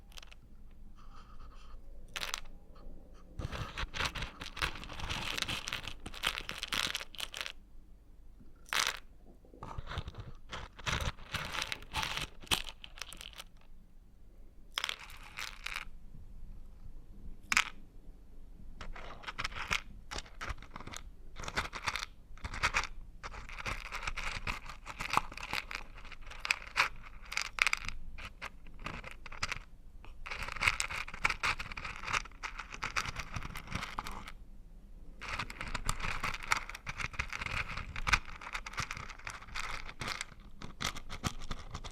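Crunchy stirring runs almost the whole way through, a dense rustle of small scraping, crackling bits with sharp clicks scattered thickly among them. It stops briefly now and then, with short silences near 8, 14, 30 and 35 seconds. A low rumble underlies it.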